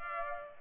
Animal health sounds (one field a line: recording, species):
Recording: mosquito wingbeat signal from an infrared sensor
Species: Culex pipiens